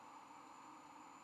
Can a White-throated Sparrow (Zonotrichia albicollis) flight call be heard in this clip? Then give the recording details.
no. No flight call is heard. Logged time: 04:38 on 13 November 2014